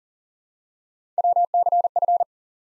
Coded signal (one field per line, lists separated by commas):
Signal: Morse code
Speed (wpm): 40 wpm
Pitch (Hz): 700 Hz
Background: none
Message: WCF